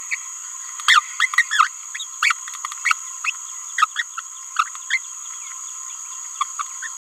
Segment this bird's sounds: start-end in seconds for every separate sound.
0.88-1.00, 1.20-1.29, 1.51-1.67, 2.23-2.36, 2.85-2.93, 3.25-3.30, 3.77-3.85, 3.96-4.02, 4.57-4.63, 4.91-5.03, 6.41-6.43